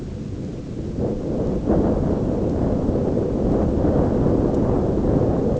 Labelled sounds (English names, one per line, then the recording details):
none
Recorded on Arctic tundra, site ZACK-1, on 9 June 2019
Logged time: 13:49